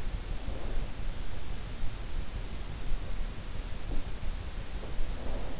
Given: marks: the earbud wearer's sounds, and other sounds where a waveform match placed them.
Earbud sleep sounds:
sounds in sleep by an in-ear microphone; snoring breath
0.29-0.92 s: snoring breath
5.17-5.60 s: snoring breath

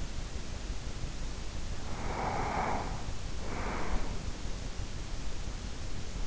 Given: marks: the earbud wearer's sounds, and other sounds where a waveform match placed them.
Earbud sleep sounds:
sounds in sleep by an in-ear microphone; breath
1.83-4.46 s: breath

